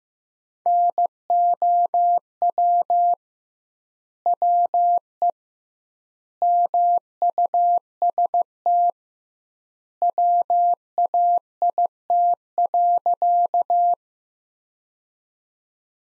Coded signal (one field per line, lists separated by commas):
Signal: Morse code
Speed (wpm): 15 wpm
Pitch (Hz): 700 Hz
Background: none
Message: NOW WE MUST WAIT.